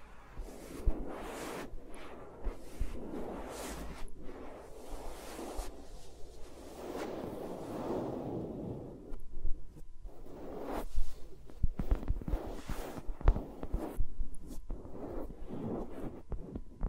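Fingers move around microphones, making muffled rubbing swells and soft thumps, with no talking. The sound is dense and uneven, with low rumbling sweeps around 4 to 8 seconds and sharper taps and clicks coming more often after about 10 seconds.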